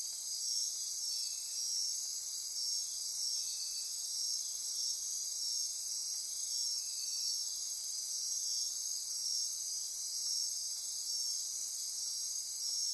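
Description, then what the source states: Insects calling together in a constant high shrill drone, with pulsed trills on top and a few brief lower buzzes. Midnight insect chorus near Corcovado.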